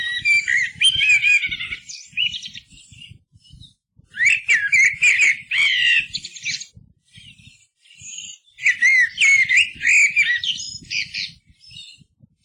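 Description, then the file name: Eurasian blackbird singing three phrases, each a mellow fluting warble turning into scratchy high twittering, with short silences between them and soft low rumble throughout. "MERLO"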